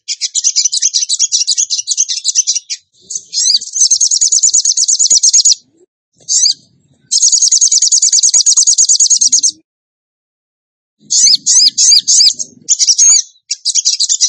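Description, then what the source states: Bird song in several bursts: quick high trills and chattering phrases separated by short pauses, with a longer gap in the second half before varied notes resume. Masteran (training recording) for birds, in the tembakan gacor song style.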